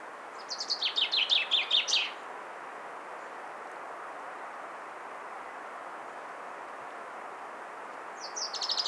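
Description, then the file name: Common chaffinch singing one rattling, descending phrase of rapid notes lasting under two seconds, then a long pause over steady background hiss before the next phrase begins at the end. "Fringilla coelebs"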